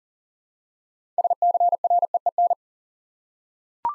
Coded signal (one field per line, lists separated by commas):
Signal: Morse code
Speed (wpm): 39 wpm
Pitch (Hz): 700 Hz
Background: none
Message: SCREEN